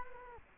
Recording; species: mosquito wingbeat signal from an infrared sensor; Culex quinquefasciatus